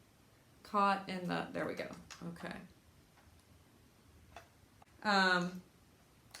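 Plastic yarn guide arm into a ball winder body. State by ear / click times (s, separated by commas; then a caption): seated / 6.3 s. A plastic yarn guide arm is pushed into position on a new ball winder body during setup. Someone talks, then after a quiet stretch with faint ticks, one sharp tick is heard at 6.4 seconds as the arm snaps and locks into place.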